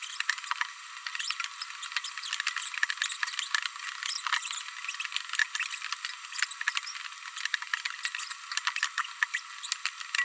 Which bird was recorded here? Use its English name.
Green-rumped Parrotlet